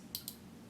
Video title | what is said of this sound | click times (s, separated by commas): NEW Glossier Stretch Foundation, Balm Concealer and Face Brush! | just a swivel this way and then it locks in place | 0.2 s